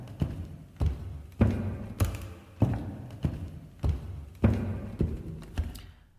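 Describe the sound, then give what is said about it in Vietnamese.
About eleven steady footsteps thud along a hallway at an even walking pace, each step a dull, low knock with a brief tail, with no voices. “Mới kiểm tra được một nửa, ở ngoài hành lang đã vang lên tiếng bước chân.”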